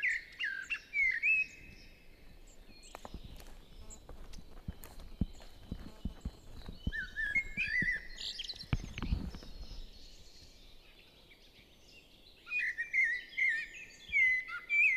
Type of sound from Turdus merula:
song